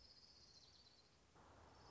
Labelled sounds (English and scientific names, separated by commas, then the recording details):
Orange-crowned Warbler (Leiothlypis celata)
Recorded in Sonoma County, California